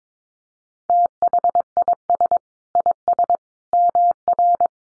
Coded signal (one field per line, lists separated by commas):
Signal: Morse code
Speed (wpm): 22 wpm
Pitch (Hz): 700 Hz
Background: none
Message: THIS IS MR